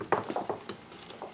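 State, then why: Seated. A plastic casing is flipped up, hooked under the metal frame of a mower collection bag, and pressed until it snaps into place with a sharp click at 0.1 s. Softer taps and clicks follow at about 0.4, 0.5, 0.7 and 1.2 s. The casing is seated on the frame.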